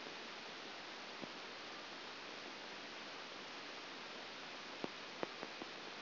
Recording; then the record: brain microelectrode recording played as sound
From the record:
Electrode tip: outside the subthalamic nucleus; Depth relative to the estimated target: -2 mm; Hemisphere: right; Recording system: AlphaMap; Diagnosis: Parkinson's disease